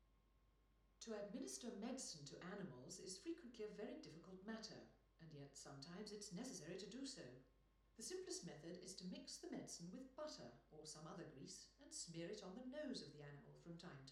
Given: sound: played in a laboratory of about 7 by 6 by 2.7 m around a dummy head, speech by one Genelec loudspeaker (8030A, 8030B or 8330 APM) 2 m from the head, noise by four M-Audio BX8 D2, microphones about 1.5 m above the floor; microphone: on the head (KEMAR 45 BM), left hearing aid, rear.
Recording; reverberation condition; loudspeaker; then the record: female speech in English; medium; behind (180 degrees)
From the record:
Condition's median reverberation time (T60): about 510 ms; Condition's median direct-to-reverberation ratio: about -0.5 dB